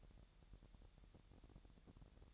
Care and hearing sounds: daily activity, microphone in the room; take from stove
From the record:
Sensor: 3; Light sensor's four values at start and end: 109/258/106/95 and 109/258/106/95

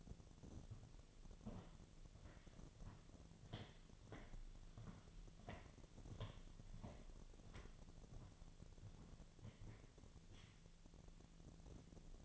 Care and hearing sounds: daily activity, microphone in the room; walk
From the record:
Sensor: 4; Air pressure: 1009.0 hPa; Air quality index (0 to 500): 169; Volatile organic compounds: 4 ppm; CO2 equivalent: 1701 ppm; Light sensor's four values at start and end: 24/75/28/27 and 24/74/28/27

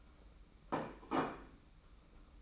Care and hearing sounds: daily activity, microphone in the room; place plate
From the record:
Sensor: 1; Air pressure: 991.8 hPa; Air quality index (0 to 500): 166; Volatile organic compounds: 1000 ppm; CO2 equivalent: 6255 ppm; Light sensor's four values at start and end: 28/98/37/38 and 29/98/38/38

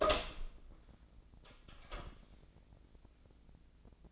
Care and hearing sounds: daily activity, microphone in the room; open door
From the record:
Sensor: 5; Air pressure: 1009.3 hPa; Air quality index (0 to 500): 166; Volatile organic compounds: 2 ppm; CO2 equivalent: 1262 ppm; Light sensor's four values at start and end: 123/289/124/134 and 123/290/125/134

